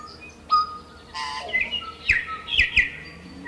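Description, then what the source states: Tui song: a short burst of pure whistles, a harsh rasping wheeze, then clicks and bright falling chimes in quick succession. Morning chorus of native birds, New Zealand.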